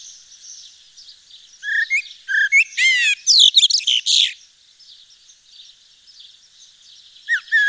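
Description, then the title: Eurasian blackbird song: low mellow whistled notes leading into a loud, rapid, squeaky high twitter, then a pause and one more fluted note, other birds faint behind. Nord, France. "Sylvain Jaskowiak - Mes piafs. Merle noir dans le Nord"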